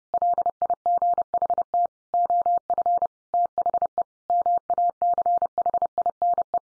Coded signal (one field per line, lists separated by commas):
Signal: Morse code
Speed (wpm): 30 wpm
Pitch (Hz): 700 Hz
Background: none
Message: LIGHT OF THE MACHINE